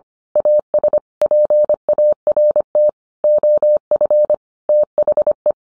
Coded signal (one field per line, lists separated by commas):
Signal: Morse code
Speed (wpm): 25 wpm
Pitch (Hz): 600 Hz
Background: none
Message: AS PART OF THE